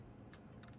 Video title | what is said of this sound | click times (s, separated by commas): July 2022 Patreon Live Stream | well you can hear it yeah it's a pretty satisfying click it's satisfying click | 0.3 s